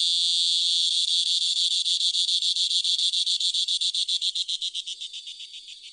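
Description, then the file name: Kalabita operculata cicada song: a loud, high buzzing drone that breaks into rapid pulses, which fade toward the end. "Kalabita operculata"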